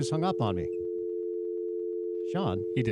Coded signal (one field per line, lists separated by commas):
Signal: telephone call progress tone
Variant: North America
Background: speech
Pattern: dial tone